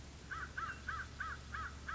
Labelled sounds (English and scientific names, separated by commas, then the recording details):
American Crow (Corvus brachyrhynchos)
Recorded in Sonoma County, California